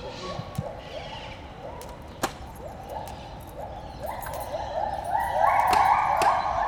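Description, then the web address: White-handed gibbon song: rising hooted notes repeated in quick succession, building louder toward a shrill climax at the end. Singing in the monkey house at Debrecen Zoo in 2012. "allathangok debrecenizoo 2012 feherkezugibbon enekamajomhazbol villanypasztor"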